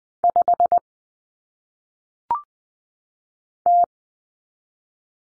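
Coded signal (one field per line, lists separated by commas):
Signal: Morse code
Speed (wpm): 20 wpm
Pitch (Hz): 700 Hz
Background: none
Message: 5 T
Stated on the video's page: Morse drill of common single-digit cut numbers at 20 wpm for head-copy practice.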